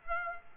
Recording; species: mosquito wingbeat signal from an infrared sensor; Aedes aegypti